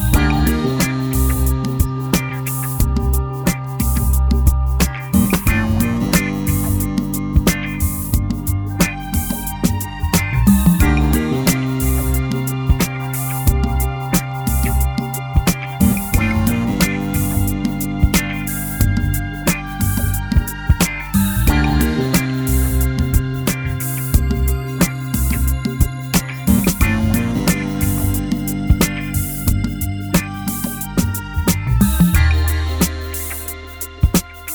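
A steady, busy instrumental groove with a deep bass line and crisp, rapid drum hits, its chord pattern shifting about every five seconds.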